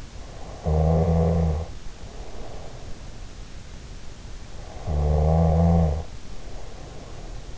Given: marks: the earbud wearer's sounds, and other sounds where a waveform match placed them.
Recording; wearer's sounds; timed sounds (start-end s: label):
sounds in sleep by an in-ear microphone; snoring breath
0.28-3.10 s: snoring breath
4.58-7.58 s: snoring breath